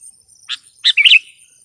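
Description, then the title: Sooty-headed bulbul giving a single brief, bubbly phrase of a few quick slurred notes, with a thin steady high tone throughout. "kutilang"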